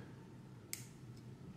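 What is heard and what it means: A small de-pin tool pries the terminal position lock of a 10-pin blind spot, radar and cruise control wire harness connector outward. A single sharp, bright click at 0.7 s marks the lock snapping into its open detent, followed by a fainter tick near 1.2 s over a steady low hum. The lock is released into its open position, so it needs to go no further.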